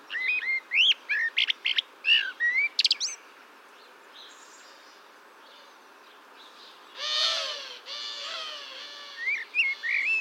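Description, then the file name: Common blackbird singing quick whistled, twittering phrases at the start. Later come a harsher, noisy burst and soft low notes, with more whistles at the end. "Turdus merula"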